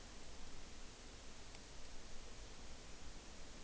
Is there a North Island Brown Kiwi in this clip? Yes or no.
no